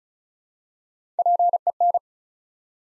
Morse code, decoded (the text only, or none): PEN